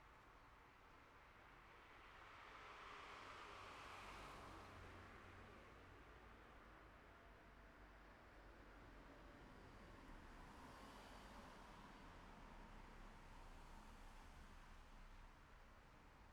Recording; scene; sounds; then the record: everyday scene through a hearing-aid microphone; in traffic; traffic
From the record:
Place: city secondary road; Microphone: behind the ear, left, front